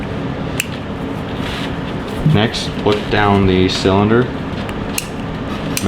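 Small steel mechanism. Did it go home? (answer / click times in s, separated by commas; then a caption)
yes / 0.6 s. With the loading gate open, the hammer of a .22 single action revolver is pulled back halfway and clicks into its half-cock notch at 0.6 seconds. Someone talks from about 2.3 to 4.3 seconds, and a few more short sharp ticks follow near 4.7, 5.0 and 5.8 seconds.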